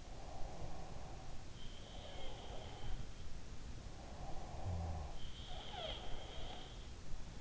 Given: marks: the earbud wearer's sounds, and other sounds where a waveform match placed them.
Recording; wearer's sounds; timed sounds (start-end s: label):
sounds in sleep by an in-ear microphone; breath, snoring breath
0.00-3.05 s: breath
1.49-3.31 s: sound from someone else or the room
3.83-6.89 s: snoring breath
5.10-7.41 s: sound from someone else or the room